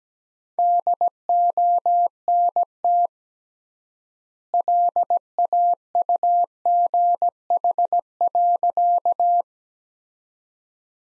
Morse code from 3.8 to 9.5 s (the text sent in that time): LAUGH.